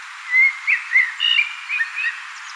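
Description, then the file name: Common blackbird song of smooth, flute-like whistles in a relaxed, meandering phrase, trailing off into quieter notes and a faint high squeak. "Turdus merula"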